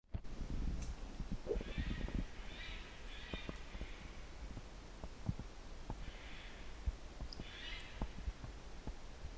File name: Garrulus glandarius